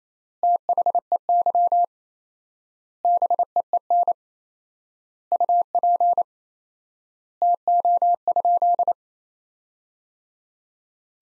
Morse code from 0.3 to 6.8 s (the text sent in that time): THEY BEEN UP